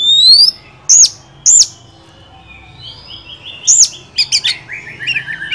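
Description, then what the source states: Oriental magpie-robin giving a few loud whistles, a quiet gap, then another bright whistle and a soft run of chattering notes. Tutor recording used to train caged songbirds, featuring a first-place champion oriental magpie-robin.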